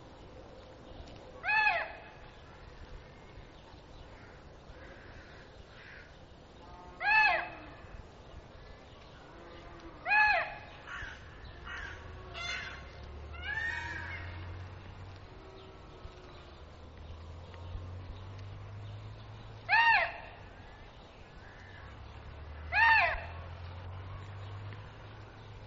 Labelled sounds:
Indian Muntjac (Muntiacus muntjak) call
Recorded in captivity
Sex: female
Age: adult
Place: Tierpark Berlin, Berlin, DE
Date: 1966-08-07 10:00
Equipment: Uher 4000 Report-S, Transistorverstärker II, Sennheiser MD 421
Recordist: Tembrock, Günter

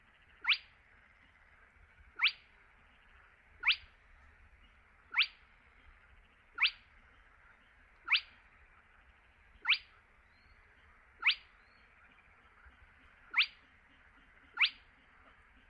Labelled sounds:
Spotted Crake (Porzana porzana)
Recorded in the wild
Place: Kützerhof, Kummerower See, Mecklenburg-Vorpommern, DE
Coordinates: 53.8522, 12.8731
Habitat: wetland
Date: 2009-06-19
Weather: leicht bewölkt, windstill, ca. 15 °C
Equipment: Sound Devices 702, Sennheiser MKH 70, Popschutz
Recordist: Frommolt, Karl-Heinz
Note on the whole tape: Polder Kleine Rosin: Rufreihe eines Tüpfelsumpfhuhnes. Entfernung 5 m. Sehr gute Aufnahme

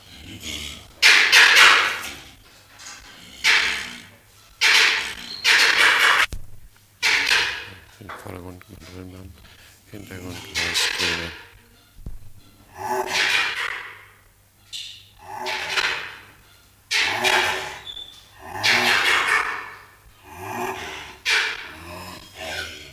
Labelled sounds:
Mandrill (Mandrillus sphinx) call
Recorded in captivity
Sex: male
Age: adult
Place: Zoo Rostock, Mecklenburg-Vorpommern, DE
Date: 1984-02-03 13:00
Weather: bedeckt, z. T. Regen, 3-5°C
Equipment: Nagra SN, Kopie Uher 4000 Report Monitor
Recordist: Tembrock, Günter

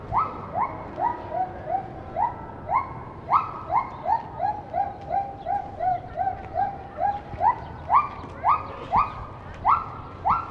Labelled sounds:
Silvery Javan Gibbon (Hylobates moloch)
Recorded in captivity
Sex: female
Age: adult
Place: Zoo Rostock, Mecklenburg-Vorpommern, DE
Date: 1986-07-09 17:08
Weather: 14°C, z.T. Regen
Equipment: Nagra SN, Kopie Tesla B 116
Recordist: Tembrock, Günter
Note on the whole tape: Weibchen: Rufe und Rufreihe

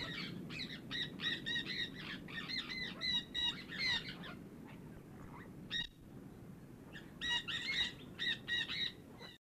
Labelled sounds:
Sun Parakeet (Aratinga solstitialis) call
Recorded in captivity
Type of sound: call
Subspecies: aurifrons
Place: Vogelpark Walsrode, Niedersachsen, DE
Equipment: Halbspur, 9,5 cm/s
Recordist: Lütgens, Hans
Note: Rufe

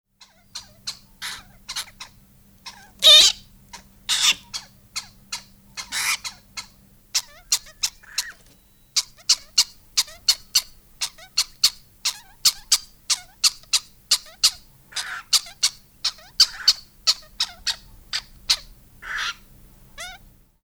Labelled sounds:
Western Cattle Egret (Bubulcus ibis)
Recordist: Tembrock, Günter
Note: Bettellaute von Jungvögeln

